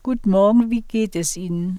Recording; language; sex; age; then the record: spoken sentence; German; female; 70 to 79 years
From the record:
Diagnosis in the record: presbyphonia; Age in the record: 73 years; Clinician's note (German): Vox senilis